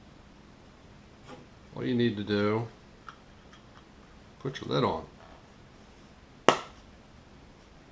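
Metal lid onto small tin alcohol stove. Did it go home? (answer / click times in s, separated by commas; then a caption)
yes / 6.5 s. A metal lid is pressed onto a small shoe-polish-tin alcohol stove using its handle, so the stove can run pressurized. Someone talks, then a single sharp, loud metallic click at 6.5 seconds marks the lid seating in place.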